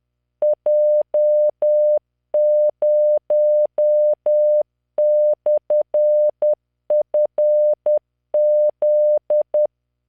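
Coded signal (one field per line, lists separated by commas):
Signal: Morse code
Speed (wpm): 10 wpm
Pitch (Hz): 600 Hz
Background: none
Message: J0/FZ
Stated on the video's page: Morse practice generated by the Learning Morse V.0.83 training software at 10 WPM, 600 Hz tone, standard 3-dot spacing, random five-character groups.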